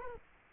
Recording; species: mosquito wingbeat signal from an infrared sensor; Culex quinquefasciatus